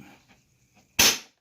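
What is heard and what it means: During reassembly of a Hoover carpet steam cleaner after its spin scrub brushes were repaired, the plastic housing cover is pressed onto the body so all the parts snap into place at once. After a few faint, quiet rustles, one strong, sharp snap lands at 1.0 s and rings out briefly. The housing is fully seated.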